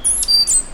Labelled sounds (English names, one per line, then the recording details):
Stitchbird song
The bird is a male
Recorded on Tiritiri Matangi Island, New Zealand, in 2005
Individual 1, of nest box 1